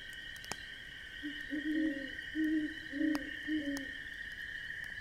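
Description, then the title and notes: Owl hoots, several low notes in a quick run across the middle, amid a steady insect chorus and snapping campfire crackles. Owl heard hooting in the distance at night beside a crackling campfire on a crisp autumn evening in the Midwest. "An Autumn Campfire in the Midwest. Owls. I hear the distant hoot of an owl"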